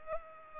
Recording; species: mosquito wingbeat signal from an infrared sensor; Culex pipiens